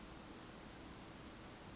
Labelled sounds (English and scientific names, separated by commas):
Western Flycatcher (Empidonax difficilis)